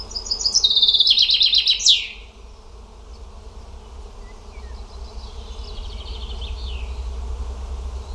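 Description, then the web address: Bird song: a bright, high trilled phrase of rapid repeated notes lasting about two seconds and ending in a sharp flourish, followed by faint chirps over steady low background noise. "cianscape birddata Deverinetal 2025 File origin Bird Only"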